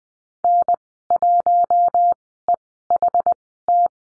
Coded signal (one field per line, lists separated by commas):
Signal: Morse code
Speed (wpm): 20 wpm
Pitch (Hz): 700 Hz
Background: none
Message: N1EHT